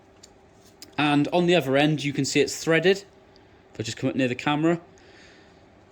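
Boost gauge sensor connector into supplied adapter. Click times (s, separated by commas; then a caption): 0.8 s. A boost gauge sensor's plastic connector, part of a Mazda RX-7 FD boost and volts gauge install, is pushed into the adapter piece supplied in the box and clicks into place at 0.8 s, seating it. Someone then talks.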